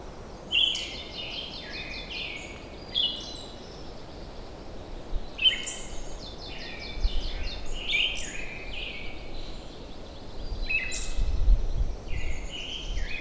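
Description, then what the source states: Siberian thrush song: spaced phrases, each with a high thin note, repeated every few seconds, with low rumbling noise toward the end. Recorded at Wuying, Heilongjiang, China.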